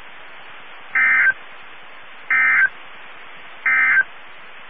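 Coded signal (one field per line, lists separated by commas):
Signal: Emergency Alert System (SAME) tones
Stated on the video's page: Severe thunderstorm alerts for the Texas and Oklahoma Panhandles from NOAA Weather Radio, Amarillo.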